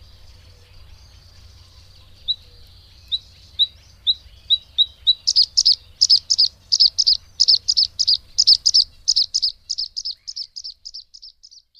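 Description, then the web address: Bluethroat song opening with thin, spaced single notes that speed up into a fast, ringing series of high notes, fading slightly at the end. "agykontroll Madardalok Cd 3. Kékbegy"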